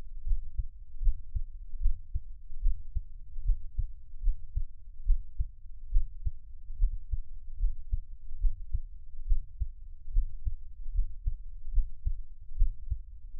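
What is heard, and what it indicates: Steady, soft low thumps at about 74 beats a minute with a faint hum; an ordinary adult heartbeat, close-miked as Taiwanese ASMR, with no talking.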